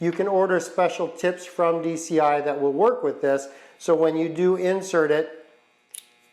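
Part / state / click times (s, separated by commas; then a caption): syringe tip into air/water syringe nut assembly / seated / 6.0 s. Someone talks while a special rigid tip is inserted into the nut assembly of a dental air/water syringe. A sharp, short click is heard at 5.9 s as the tip locks into place and stays secure.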